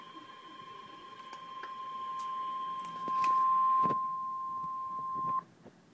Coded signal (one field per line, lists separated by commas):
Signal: Emergency Alert System (SAME) tones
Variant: 1050 Hz attention tone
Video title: REAL EAS 410-Severe thunderstorm warning